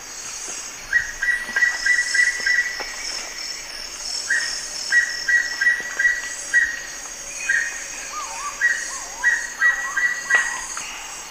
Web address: S America Eastern Lowlands Piprites chloris, song and calls pb